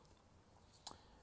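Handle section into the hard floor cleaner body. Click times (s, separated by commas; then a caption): 0.9 s. The handle section of a Karcher FC7 wireless hard floor cleaner is slid down through the channel in the top of the cleaner body and pushed firmly, with a quiet background before a sharp click at 0.9 s (0.87 s) and a brief follow-on tick. The firm push feels like it might break the handle, but it doesn't, and the handle seats, clicked down into the body.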